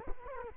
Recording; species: mosquito wingbeat signal from an infrared sensor; Culex quinquefasciatus